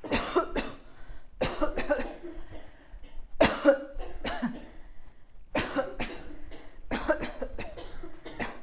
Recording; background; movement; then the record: voluntary coughing; a bystander coughing; walking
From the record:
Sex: female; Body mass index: 22.6 kg/m2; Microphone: on the chest, facing outward